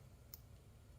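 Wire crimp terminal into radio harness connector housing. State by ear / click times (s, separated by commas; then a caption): seated / 0.3 s. A red wire's crimp terminal is pushed into pin 7 of plastic connector A on a radio harness for an Android head unit in a Hyundai Santa Fe. A single sharp click sounds at 0.3 s over a low hum as the terminal locks into the housing, seating it so it resists being pulled back out.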